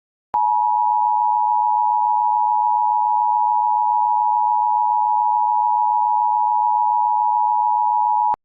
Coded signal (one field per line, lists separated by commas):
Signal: Emergency Alert System (SAME) tones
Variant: 853 and 960 Hz attention tone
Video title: EAS scenario: Countryballs